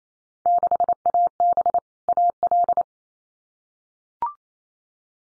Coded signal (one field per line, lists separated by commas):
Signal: Morse code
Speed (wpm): 28 wpm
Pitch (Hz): 700 Hz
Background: none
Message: 6AB AL